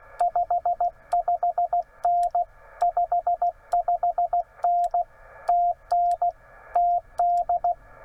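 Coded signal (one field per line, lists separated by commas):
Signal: Morse code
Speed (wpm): 16 wpm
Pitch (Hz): 700 Hz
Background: radio noise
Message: 55N 55N TN TD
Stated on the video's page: Morse from a park activation (POTA) at Haynes Bottom, Tennessee, run on a 12 V battery with RG-316 coax.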